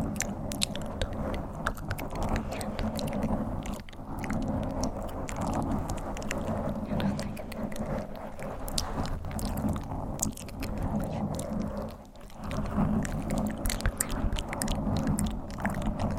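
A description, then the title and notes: Microphone scratching fills the clip with a dense, rough rubbing texture, low and grainy, over a steady low rumble. Short sharp clicks and crackles break through irregularly throughout, with brief lulls near four and twelve seconds before the scraping resumes. Mic Scratching.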